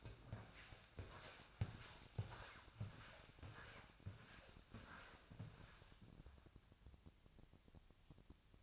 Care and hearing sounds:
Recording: daily activity, microphone in the room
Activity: walk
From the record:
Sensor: 2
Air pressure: 1000.3 hPa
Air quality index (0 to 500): 161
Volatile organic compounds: 3 ppm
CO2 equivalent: 1344 ppm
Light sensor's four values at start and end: 14/37/14/16 and 14/38/15/17

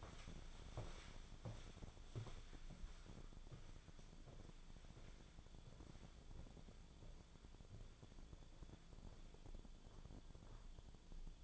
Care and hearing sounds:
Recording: daily activity, microphone in the room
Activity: walk to room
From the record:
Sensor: 5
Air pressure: 1010.2 hPa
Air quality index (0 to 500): 139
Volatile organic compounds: 3 ppm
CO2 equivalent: 1359 ppm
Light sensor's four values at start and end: 274/676/286/314 and 270/672/282/309

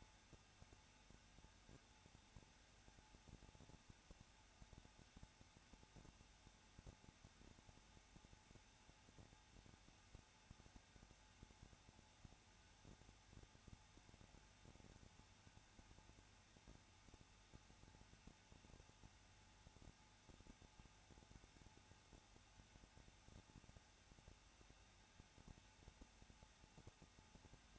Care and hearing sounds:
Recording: daily activity, microphone in the room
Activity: no activity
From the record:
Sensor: 2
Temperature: 21.0 degrees Celsius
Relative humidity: 34.3%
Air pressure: 994.4 hPa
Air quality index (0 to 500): 172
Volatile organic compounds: 3 ppm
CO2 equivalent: 1335 ppm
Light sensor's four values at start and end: 2/3/2/2 and 2/3/2/2

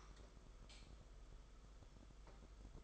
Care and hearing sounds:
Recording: daily activity, microphone in the room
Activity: light on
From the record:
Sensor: 5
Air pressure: 991.2 hPa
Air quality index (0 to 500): 108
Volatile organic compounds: 24 ppm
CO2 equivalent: 2799 ppm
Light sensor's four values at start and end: 18/43/17/19 and 19/48/19/21

